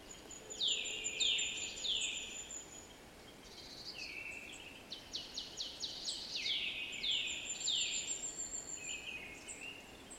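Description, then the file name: Eurasian nuthatch giving loud falling whistled calls, then a fast run of short sharp notes and more downslurred calls, with a faint high whine and background hiss. "Sitta europaea"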